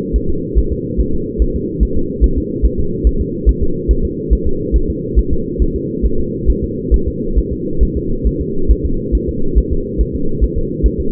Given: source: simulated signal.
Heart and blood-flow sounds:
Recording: fetal heart sounds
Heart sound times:
0.16 s: S1
0.30 s: S2
0.58 s: S1
0.73 s: S2
1.00 s: S1
1.14 s: S2
1.42 s: S1
1.56 s: S2
1.83 s: S1
1.97 s: S2
2.24 s: S1
2.38 s: S2
2.65 s: S1
2.80 s: S2
3.07 s: S1
3.21 s: S2
3.49 s: S1
3.63 s: S2
3.91 s: S1
4.05 s: S2
4.33 s: S1
4.47 s: S2
4.76 s: S1
4.90 s: S2
5.19 s: S1
5.33 s: S2
5.62 s: S1
5.76 s: S2
6.06 s: S1
6.20 s: S2
6.50 s: S1
6.64 s: S2
6.94 s: S1
7.08 s: S2
7.38 s: S1
7.52 s: S2
7.83 s: S1
7.97 s: S2
8.27 s: S1
8.41 s: S2
8.71 s: S1
8.85 s: S2
9.15 s: S1
9.29 s: S2
9.58 s: S1
9.72 s: S2
10.01 s: S1
10.15 s: S2
10.44 s: S1
10.58 s: S2
10.86 s: S1
11.00 s: S2
From the record:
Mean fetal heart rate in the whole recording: 140 bpm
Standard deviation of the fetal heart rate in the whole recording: 2 bpm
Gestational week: 34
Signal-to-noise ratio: -8.1 dB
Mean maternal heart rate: 72 bpm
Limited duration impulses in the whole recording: absent

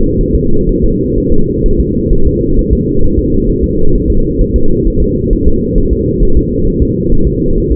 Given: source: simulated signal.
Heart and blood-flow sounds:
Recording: fetal heart sounds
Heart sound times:
0.21 s: S1
0.35 s: S2
0.69 s: S1
0.84 s: S2
1.18 s: S1
1.32 s: S2
1.66 s: S1
1.80 s: S2
2.13 s: S1
2.27 s: S2
2.59 s: S1
2.73 s: S2
3.04 s: S1
3.19 s: S2
3.49 s: S1
3.64 s: S2
3.95 s: S1
4.10 s: S2
4.41 s: S1
4.56 s: S2
4.88 s: S1
5.02 s: S2
5.33 s: S1
5.48 s: S2
5.78 s: S1
5.93 s: S2
6.23 s: S1
6.37 s: S2
6.67 s: S1
6.82 s: S2
7.12 s: S1
7.27 s: S2
7.58 s: S1
7.72 s: S2
From the record:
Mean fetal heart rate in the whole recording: 130 bpm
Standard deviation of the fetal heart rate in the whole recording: 4 bpm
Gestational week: 38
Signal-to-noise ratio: -19.1 dB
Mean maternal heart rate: 72 bpm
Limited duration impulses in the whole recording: present

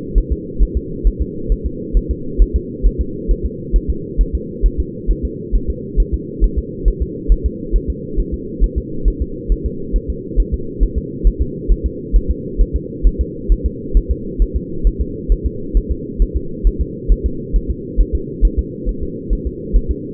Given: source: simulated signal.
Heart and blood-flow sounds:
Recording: fetal heart sounds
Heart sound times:
0.18 s: S1
0.32 s: S2
0.63 s: S1
0.77 s: S2
1.07 s: S1
1.22 s: S2
1.52 s: S1
1.66 s: S2
1.97 s: S1
2.11 s: S2
2.42 s: S1
2.56 s: S2
2.87 s: S1
3.01 s: S2
3.31 s: S1
3.46 s: S2
3.76 s: S1
3.90 s: S2
4.21 s: S1
4.35 s: S2
4.66 s: S1
4.80 s: S2
5.11 s: S1
5.25 s: S2
5.56 s: S1
5.70 s: S2
6.00 s: S1
6.14 s: S2
6.44 s: S1
6.59 s: S2
6.88 s: S1
7.02 s: S2
7.32 s: S1
7.46 s: S2
7.76 s: S1
7.90 s: S2
8.19 s: S1
8.34 s: S2
8.64 s: S1
8.78 s: S2
9.08 s: S1
9.22 s: S2
9.52 s: S1
9.66 s: S2
9.96 s: S1
10.10 s: S2
10.40 s: S1
10.54 s: S2
10.83 s: S1
10.98 s: S2
11.27 s: S1
11.42 s: S2
11.72 s: S1
11.86 s: S2
12.16 s: S1
12.31 s: S2
12.61 s: S1
12.76 s: S2
13.07 s: S1
13.21 s: S2
13.52 s: S1
13.66 s: S2
13.97 s: S1
14.11 s: S2
14.42 s: S1
14.56 s: S2
14.87 s: S1
15.01 s: S2
15.32 s: S1
15.46 s: S2
15.77 s: S1
15.91 s: S2
16.22 s: S1
16.37 s: S2
16.67 s: S1
16.81 s: S2
17.12 s: S1
17.26 s: S2
17.56 s: S1
17.71 s: S2
18.00 s: S1
18.15 s: S2
18.45 s: S1
18.59 s: S2
18.89 s: S1
19.03 s: S2
19.33 s: S1
19.47 s: S2
19.76 s: S1
19.91 s: S2
From the record:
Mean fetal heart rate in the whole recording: 135 bpm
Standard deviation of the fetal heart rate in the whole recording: 3 bpm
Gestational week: 36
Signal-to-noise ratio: -4.3 dB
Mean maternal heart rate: 72 bpm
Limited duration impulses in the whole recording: absent

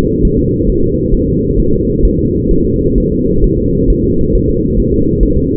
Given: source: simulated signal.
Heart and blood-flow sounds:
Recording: fetal heart sounds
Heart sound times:
0.25 s: S1
0.39 s: S2
0.70 s: S1
0.84 s: S2
1.14 s: S1
1.28 s: S2
1.60 s: S1
1.74 s: S2
2.05 s: S1
2.19 s: S2
2.51 s: S1
2.66 s: S2
2.98 s: S1
3.12 s: S2
3.44 s: S1
3.58 s: S2
3.90 s: S1
4.04 s: S2
4.35 s: S1
4.50 s: S2
4.80 s: S1
4.94 s: S2
5.23 s: S1
5.37 s: S2
From the record:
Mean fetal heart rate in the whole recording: 135 bpm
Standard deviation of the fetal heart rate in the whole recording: 3 bpm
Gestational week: 36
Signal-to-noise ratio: -15.3 dB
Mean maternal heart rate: 72 bpm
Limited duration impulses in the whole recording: present

